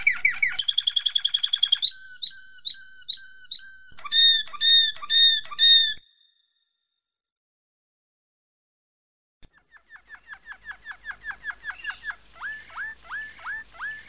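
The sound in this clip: Domestic canary song: a rapid buzzy trill, then repeated whistled slurred notes and rolling bright phrases, a silent pause of about three seconds, then another fast chattering trill building in strength.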